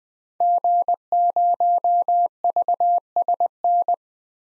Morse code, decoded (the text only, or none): G0VSN